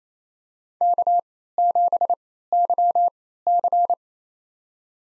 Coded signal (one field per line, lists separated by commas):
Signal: Morse code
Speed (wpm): 28 wpm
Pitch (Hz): 700 Hz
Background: none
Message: K7YC